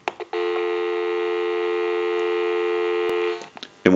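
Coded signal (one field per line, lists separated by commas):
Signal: telephone call progress tone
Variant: North America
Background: speech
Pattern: dial tone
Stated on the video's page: Heard on a GE 27909 cordless telephone under checkout and repair.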